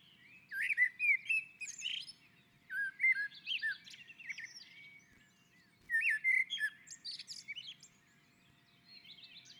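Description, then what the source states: Common blackbird song with several rich, whistled phrases. Each begins low and mellow and finishes in scratchy, high twitters, with brief pauses between. Bird singing on a roof.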